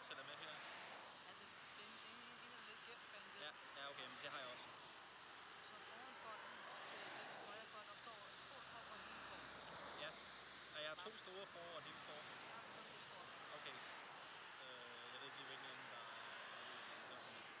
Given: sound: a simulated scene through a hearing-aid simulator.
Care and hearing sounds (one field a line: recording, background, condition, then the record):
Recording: conversation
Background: traffic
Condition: -4 dB SNR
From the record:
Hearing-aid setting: I (fast-acting compression, audibility-based gain)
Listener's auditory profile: A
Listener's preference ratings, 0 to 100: 33, 39, 36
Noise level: 75 dB SPL